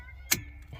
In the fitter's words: Alright, you heard that click sound.